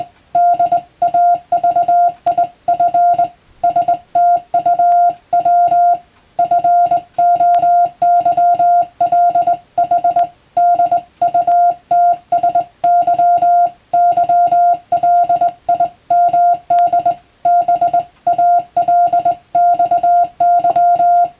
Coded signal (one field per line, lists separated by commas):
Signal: Morse code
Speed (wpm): 21 wpm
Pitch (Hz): 700 Hz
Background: music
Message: DAVIF STUW FOYLH DUTSY YLIMD B ALXY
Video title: クリスマスにモールス！令和の今でも行われているモールスの国家試験は無線通信の原点です。アマチュア無線ハムの受信練習にどうぞ(morse code practice radio operator )